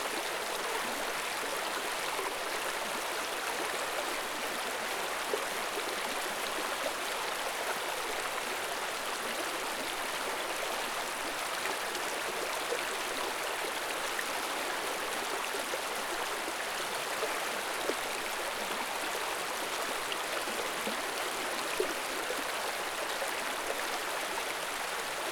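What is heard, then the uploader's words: A river flows steadily and close by, its rushing water a dense, even hiss that stays constant for the whole stretch. The sound is mostly bright and airy with little deep rumble, and only faint small splashes or gurgles poke out now and then. Calm Flowing River.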